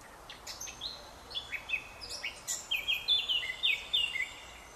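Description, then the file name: Eurasian blackcap singing, soft chattering notes at first, then a bright flourish of rich, fluty whistled phrases that swoop downward, delivered rapidly near the end. "Sylvia atricapilla"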